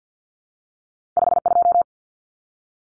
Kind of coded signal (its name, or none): Morse code